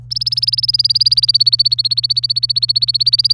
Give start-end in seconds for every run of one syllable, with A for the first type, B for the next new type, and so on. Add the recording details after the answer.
0.11-3.33 A. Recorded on 27 April 2018 at 08:22. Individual llb3